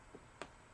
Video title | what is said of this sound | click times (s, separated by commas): beebeecraft Pendant necklace and earring tutorial /with discount code | the jump ring and you're gonna hear a little click | 0.4 s